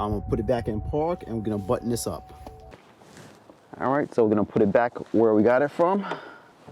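Someone talks while handling the reverse light bulb socket for an F150LEDs reverse tail light on a 2017-2020 Ford F-250, F-350, F-450 Super Duty Tremor truck, with a few faint handling knocks around 2.7 to 3.5 seconds. The socket is about to go back into the tail light housing, where it turns clockwise until it locks. Nothing has seated or clicked yet.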